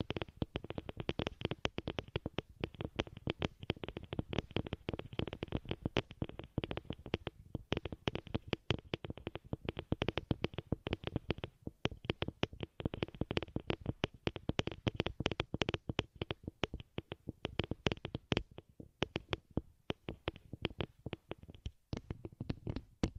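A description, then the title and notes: Fingernails tap rapidly on a headphone, a dense stream of sharp clicks running without a break for the whole clip. The taps come in quick irregular bursts with short gaps, each one a hard, dry tick carrying a dull low thud beneath it. Headphone Nail tapping.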